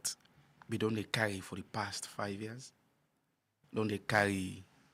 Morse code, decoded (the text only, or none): none